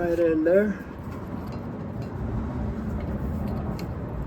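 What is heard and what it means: A replacement fuel filter is being handled and pushed toward its housing on a 2018 Dodge Ram 2500 diesel truck while someone talks briefly at the start. Low background rumble runs underneath, with a short faint tap near 3.8 seconds. Nothing has seated or clicked into the housing yet.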